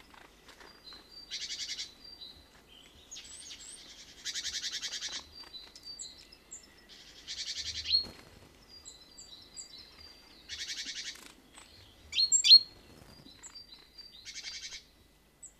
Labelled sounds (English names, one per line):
Great Tit call